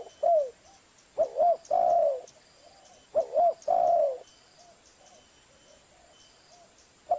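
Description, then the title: Spotted dove cooing: a lone falling coo, then two phrases of quick paired notes ending in a long rough coo, about two seconds apart, and another coo starting at the end. Lure recording used for trapping doves; a compilation of calls. "Pikat Burung Tekukur"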